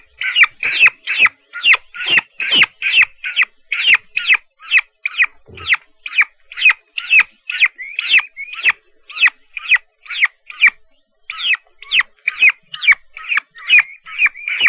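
Turkey chicks calling, rapid shrill peeps in a nearly continuous, somewhat uneven series about two a second.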